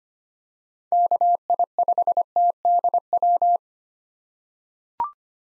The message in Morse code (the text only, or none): KI5TDW